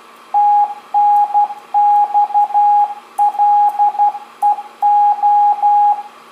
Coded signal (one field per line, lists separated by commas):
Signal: Morse code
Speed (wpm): 12 wpm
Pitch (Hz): 830 Hz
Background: radio noise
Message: TNX LEO